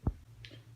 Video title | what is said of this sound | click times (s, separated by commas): Lawn Mower Bagger Review Twin Bagger for 42 inch Lawn Mower | okay uh that's snapped into place um it's an interestingly firm fit | 0.1 s, 0.4 s